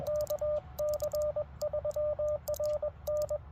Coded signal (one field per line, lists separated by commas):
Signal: Morse code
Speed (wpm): 21 wpm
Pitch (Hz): 590 Hz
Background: radio noise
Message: KC3RN